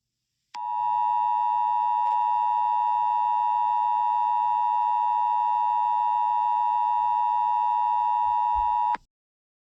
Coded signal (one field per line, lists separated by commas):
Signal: Emergency Alert System (SAME) tones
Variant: 853 and 960 Hz attention tone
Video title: EAS SCENARIO 29: Kiara E.X.E